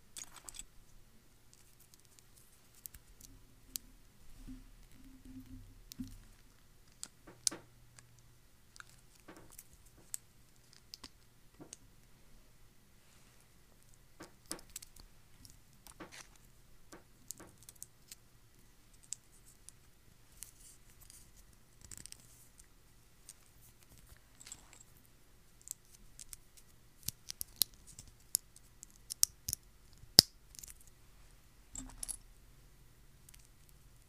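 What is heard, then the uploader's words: Small plastic bricks click and clack. Sharp, bright taps come irregularly throughout, growing busier and louder after about 25 seconds, over a faint low hum with brief rustling around 5 to 7 seconds. Lego building ASMR! - clicking , clacking. Tapping, plastic sounds. No to zero mouth sounds.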